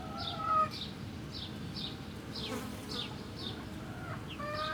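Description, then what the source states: Chicken chicks giving thin, falling peeps about twice a second, with some drawn-out lower harmonic notes at the start and end, over a low background hum. Hens and chicks in the chicken house of the Atelier 34zero museum garden, Jette, Brussels, Belgium; recorded with DPA 4060 microphones in AB position into a Zoom F3.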